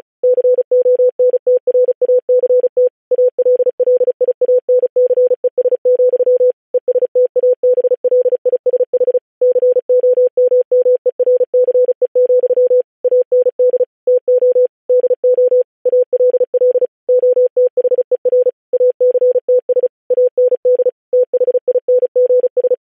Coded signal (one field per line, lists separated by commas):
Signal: Morse code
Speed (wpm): 36 wpm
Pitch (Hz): 500 Hz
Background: none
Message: CONTRACT ALLIANCES, ESTABLISH COMMERCE, AND TO DO ALL OTHER ACTS AND THINGS